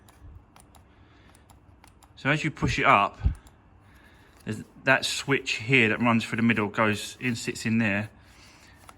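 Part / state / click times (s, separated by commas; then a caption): boot latch mechanism operated by its release switch / released / 8.9 s. Someone talks while pushing up the release switch that runs through the middle of a removed boot (tailgate) latch mechanism from a crashed Fiat 500 Abarth 595 Turismo Convertible, which has a problem with the boot not working. After a few faint ticks, a sharp click at 8.9 s marks the latch tripping open, and it is confirmed released.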